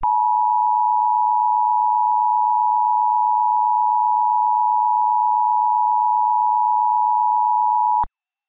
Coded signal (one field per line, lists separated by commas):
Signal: Emergency Alert System (SAME) tones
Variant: 853 and 960 Hz attention tone